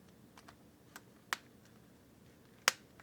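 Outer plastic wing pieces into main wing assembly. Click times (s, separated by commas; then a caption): 1.3 s, 2.7 s. Outer plastic wing pieces are pressed into the main wing assembly of a Marvel Legends Vulture figure's build-a-wing, giving sharp snaps at 1.3 s and 2.7 s among quieter taps and handling clicks. The pieces snap into place and the wing is complete.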